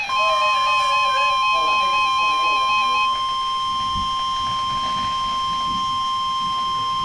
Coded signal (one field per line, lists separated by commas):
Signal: Emergency Alert System (SAME) tones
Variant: 1050 Hz attention tone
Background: speech, music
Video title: [READ DESCRIPTION] EAS Alerts from November 5, 2017 [ENHANCED RISK DAY] (EAS #206-219)